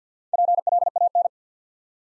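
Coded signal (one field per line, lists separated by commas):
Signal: Morse code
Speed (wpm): 48 wpm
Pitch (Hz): 700 Hz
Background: none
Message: PLAN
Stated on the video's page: Morse code practice drill at 50 wpm, building 8-letter words two letters at a time for instant character recognition.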